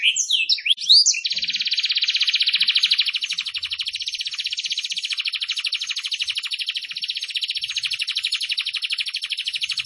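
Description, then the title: Canary song opening with quick sweeping whistles, then a long sustained buzzy trill that rolls on steadily for several seconds. Lively, actively singing bird (gacor). "Kenari Gacor"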